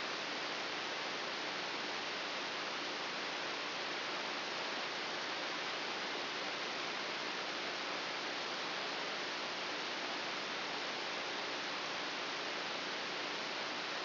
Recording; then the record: brain microelectrode recording played as sound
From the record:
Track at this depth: inside the subthalamic nucleus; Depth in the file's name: 2.603 mm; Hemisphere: right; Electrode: 3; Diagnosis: Parkinson's disease